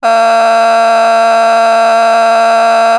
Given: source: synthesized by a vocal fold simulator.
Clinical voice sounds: sustained vowel; female; a random mix of aspiration noise, stiffness perturbation and strain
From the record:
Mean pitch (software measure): 228 Hz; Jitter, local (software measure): 1.80%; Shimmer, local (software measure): 2.5%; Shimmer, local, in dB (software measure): 0.21 dB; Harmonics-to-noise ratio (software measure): 15.3 dB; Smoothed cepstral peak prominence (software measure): 13.8 dB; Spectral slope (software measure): -17.4 dB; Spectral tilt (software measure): -7.8 dB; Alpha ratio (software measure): -7.9 dB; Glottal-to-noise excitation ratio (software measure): 0.941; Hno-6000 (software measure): 1.7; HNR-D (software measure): 34.5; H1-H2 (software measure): -4.6 dB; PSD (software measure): 7.2e-05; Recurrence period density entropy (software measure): 0.117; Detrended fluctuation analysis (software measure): 0.0087

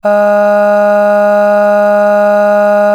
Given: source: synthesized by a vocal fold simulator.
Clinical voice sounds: sustained vowel; female; aspiration noise (breathiness), level 5 of 10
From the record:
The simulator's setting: 0.82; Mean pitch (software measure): 206 Hz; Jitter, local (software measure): 0.38%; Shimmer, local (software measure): 3.3%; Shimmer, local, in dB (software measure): 0.29 dB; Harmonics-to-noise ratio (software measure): 24.3 dB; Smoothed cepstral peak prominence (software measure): 16.2 dB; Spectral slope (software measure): -21.8 dB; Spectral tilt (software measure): -7.8 dB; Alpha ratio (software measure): -12.3 dB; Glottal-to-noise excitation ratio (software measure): 0.934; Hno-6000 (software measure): 2.2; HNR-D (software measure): 40.0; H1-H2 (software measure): 9.5 dB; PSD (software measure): 4.1e-05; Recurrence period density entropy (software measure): 0.123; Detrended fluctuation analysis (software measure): 0.0274

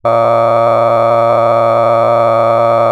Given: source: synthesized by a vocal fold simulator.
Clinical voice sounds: sustained vowel; male; cycle-to-cycle stiffness perturbation (roughness), level 9 of 10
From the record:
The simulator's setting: 5.63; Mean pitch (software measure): 115 Hz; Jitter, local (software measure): 2.61%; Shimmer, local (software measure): 10.3%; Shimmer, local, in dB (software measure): 0.85 dB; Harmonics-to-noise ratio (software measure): 11.3 dB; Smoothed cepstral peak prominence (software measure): 17.2 dB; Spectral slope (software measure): -16.8 dB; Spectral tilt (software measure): -12.1 dB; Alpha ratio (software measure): -7.3 dB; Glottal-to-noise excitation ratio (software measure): 0.992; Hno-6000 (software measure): 2.2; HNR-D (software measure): 20.1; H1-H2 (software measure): 5.1 dB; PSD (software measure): 1.9e-04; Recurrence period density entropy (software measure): 0.103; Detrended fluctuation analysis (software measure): 0.0564

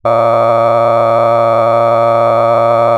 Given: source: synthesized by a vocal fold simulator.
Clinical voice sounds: sustained vowel; male; cycle-to-cycle stiffness perturbation (roughness), level 8 of 10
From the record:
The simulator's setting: 4.90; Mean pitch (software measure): 115 Hz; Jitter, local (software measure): 2.26%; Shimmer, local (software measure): 9.1%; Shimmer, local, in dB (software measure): 0.69 dB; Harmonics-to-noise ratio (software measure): 12.5 dB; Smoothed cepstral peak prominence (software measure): 17.9 dB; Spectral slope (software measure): -16.9 dB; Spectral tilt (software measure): -12.1 dB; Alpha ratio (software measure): -7.4 dB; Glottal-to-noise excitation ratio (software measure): 0.992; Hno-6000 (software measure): 2.4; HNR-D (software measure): 20.8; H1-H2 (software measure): 5.0 dB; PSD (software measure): 1.9e-04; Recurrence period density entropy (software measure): 0.103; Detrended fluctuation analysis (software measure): 0.0557

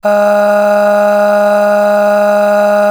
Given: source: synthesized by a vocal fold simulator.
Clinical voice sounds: sustained vowel; female; aspiration noise (breathiness), level 8 of 10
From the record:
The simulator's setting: 2.24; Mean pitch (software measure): 206 Hz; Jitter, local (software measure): 0.76%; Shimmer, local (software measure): 8.9%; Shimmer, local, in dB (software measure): 0.78 dB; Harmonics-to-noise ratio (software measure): 16.2 dB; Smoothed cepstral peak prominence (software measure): 12.6 dB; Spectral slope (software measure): -21.2 dB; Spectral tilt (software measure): -7.3 dB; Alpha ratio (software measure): -11.7 dB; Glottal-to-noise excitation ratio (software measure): 0.807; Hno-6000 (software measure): 1.9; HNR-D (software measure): 38.7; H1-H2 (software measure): 9.5 dB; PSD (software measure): 5.1e-05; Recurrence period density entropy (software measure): 0.119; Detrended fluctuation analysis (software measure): 0.0274

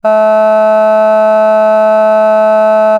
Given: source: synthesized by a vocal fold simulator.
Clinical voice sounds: sustained vowel; female; vocal strain, level 2 of 10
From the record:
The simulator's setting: 0.11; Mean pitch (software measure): 216 Hz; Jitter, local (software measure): 0.15%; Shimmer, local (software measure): 1.1%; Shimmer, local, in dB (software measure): 0.10 dB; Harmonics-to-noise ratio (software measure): 34.0 dB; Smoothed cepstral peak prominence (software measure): 19.3 dB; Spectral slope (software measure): -23.1 dB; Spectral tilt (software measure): -8.5 dB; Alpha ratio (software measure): -13.6 dB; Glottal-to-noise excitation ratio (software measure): 0.981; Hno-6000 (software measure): 2.3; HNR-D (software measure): 40.2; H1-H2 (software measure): 8.5 dB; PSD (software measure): 1.4e-05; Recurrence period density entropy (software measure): 0.132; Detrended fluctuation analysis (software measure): 0.0160

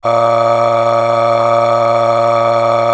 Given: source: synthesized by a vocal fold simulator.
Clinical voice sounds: sustained vowel; male; aspiration noise (breathiness), level 10 of 10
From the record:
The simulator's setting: 4.92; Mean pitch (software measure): 116 Hz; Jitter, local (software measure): 1.26%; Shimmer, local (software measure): 14.3%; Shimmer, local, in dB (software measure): 1.26 dB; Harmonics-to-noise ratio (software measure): 10.0 dB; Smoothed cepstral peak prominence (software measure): 12.0 dB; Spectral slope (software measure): -15.8 dB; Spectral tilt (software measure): -8.3 dB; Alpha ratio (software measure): -6.3 dB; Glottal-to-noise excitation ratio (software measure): 0.802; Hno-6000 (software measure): 1.8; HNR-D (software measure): 22.1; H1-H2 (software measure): 5.0 dB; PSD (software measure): 1.3e-04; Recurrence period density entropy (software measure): 0.130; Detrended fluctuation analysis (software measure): 0.0538

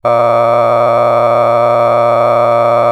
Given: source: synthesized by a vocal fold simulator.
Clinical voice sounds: sustained vowel; male; a random mix of aspiration noise, stiffness perturbation and strain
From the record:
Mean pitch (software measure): 118 Hz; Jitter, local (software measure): 3.20%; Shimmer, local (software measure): 8.7%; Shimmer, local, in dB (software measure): 0.73 dB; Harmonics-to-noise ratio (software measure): 10.1 dB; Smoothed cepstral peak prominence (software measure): 16.0 dB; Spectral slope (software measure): -16.5 dB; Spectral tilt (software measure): -11.9 dB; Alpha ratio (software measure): -6.9 dB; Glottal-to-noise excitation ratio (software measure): 0.985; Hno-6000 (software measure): 2.3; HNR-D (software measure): 21.7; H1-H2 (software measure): 4.4 dB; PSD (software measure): 2.2e-04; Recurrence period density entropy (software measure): 0.107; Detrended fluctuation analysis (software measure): 0.0454

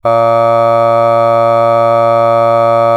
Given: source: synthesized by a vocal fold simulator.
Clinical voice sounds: sustained vowel; male; aspiration noise (breathiness), level 3 of 10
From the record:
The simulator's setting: 0.37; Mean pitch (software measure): 115 Hz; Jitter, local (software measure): 0.25%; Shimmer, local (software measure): 1.4%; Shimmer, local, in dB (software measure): 0.12 dB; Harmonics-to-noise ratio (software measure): 28.5 dB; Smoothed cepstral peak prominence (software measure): 21.7 dB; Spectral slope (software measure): -17.2 dB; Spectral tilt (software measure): -9.3 dB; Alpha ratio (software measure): -7.6 dB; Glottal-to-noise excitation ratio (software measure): 0.992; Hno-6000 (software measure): 2.3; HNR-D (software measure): 24.0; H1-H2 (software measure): 4.9 dB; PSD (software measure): 2.2e-05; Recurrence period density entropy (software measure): 0.110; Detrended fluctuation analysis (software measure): 0.0542

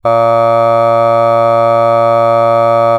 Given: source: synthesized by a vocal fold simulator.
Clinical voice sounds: sustained vowel; male; aspiration noise (breathiness), level 2 of 10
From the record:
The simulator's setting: 0.26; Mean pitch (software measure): 115 Hz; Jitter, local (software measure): 0.22%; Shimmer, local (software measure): 1.0%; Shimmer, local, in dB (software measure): 0.09 dB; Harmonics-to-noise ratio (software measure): 30.2 dB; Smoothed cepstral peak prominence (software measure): 22.6 dB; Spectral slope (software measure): -17.2 dB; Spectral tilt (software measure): -9.4 dB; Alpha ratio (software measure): -7.6 dB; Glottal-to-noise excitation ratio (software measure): 0.992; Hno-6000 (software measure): 2.5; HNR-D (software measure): 24.6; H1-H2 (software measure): 5.0 dB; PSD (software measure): 1.9e-05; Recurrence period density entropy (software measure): 0.111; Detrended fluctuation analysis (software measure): 0.0546

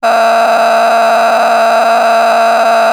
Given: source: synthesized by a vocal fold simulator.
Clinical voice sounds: sustained vowel; female; a random mix of aspiration noise, stiffness perturbation and strain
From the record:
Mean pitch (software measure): 228 Hz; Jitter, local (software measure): 4.21%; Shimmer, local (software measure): 10.2%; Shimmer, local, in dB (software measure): 1.08 dB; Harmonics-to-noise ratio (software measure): 7.9 dB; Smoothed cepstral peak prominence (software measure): 9.4 dB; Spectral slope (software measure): -16.7 dB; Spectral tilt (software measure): -9.3 dB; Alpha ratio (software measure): -7.2 dB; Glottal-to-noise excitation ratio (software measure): 0.899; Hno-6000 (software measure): 1.7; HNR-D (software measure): 27.1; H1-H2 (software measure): -4.0 dB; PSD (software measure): 2.9e-04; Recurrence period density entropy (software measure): 0.128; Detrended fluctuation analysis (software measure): 0.0104

